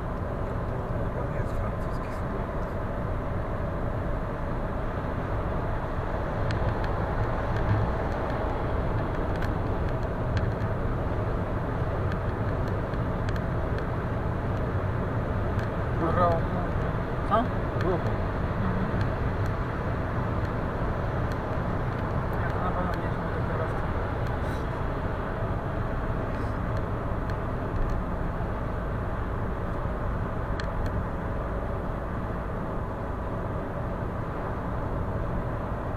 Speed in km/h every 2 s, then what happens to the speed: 99, 101, 102, 104, 109, 111, 111, 111, 111, 111, 111, 111, 110, 102, 98, 96, 95, 95.
0-9 speeds up to 111. 9-22 steady at about 111. 22-27 slows to 98. 27-36 steady at about 95.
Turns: none.